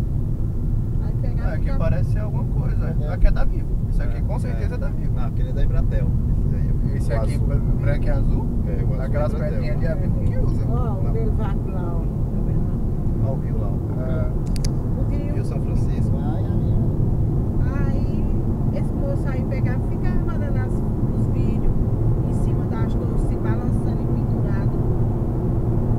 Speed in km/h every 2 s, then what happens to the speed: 66, 65, 65, 69, 74, 79, 82, 85, 89, 94, 100, 106, 111.
4-26 speeds up to 111.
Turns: none.